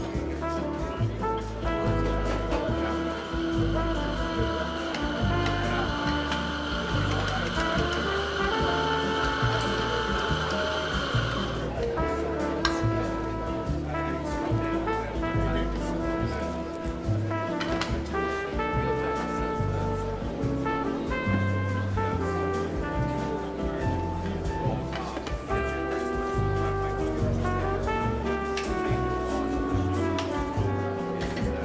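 Seaside cafe ambience, filled by steady, dense music with a regular low beat and many held notes. A bright sustained tone sits over the first eleven seconds, then drops away as the mix shifts. Faint chatter may sit underneath at an even level.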